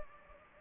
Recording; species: mosquito wingbeat signal from an infrared sensor; Anopheles gambiae